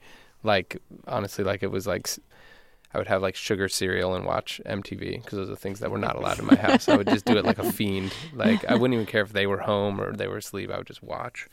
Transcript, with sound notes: like honestly like - it was like I would have like sugar cereal and watch MTV because those were the things that were not allowed in my house...
(LAUGHTER)
I would just do it like a fiend. Like I wouldn't even care if they were home or they were asleep, I would just watch.